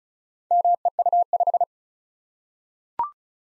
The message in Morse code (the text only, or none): MEU5